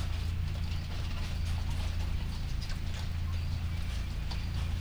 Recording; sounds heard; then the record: poultry house recording; sick chickens (respiratory disease)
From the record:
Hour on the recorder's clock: 3